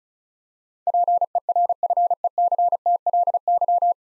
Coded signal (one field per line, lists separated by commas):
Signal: Morse code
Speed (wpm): 36 wpm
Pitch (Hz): 700 Hz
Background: none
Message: PERFECTLY